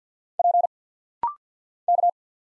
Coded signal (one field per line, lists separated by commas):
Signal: Morse code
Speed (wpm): 48 wpm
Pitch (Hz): 700 Hz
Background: none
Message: P K